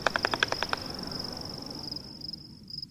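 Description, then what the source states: Short-eared Owl wing claps: a quick burst of several sharp snapping claps in under a second, with a steady high whine continuing afterward over background hiss. Male snaps wings together below body, 2 to 6 claps per second, when displaying to a female or warning off an intruder; sounds like applause.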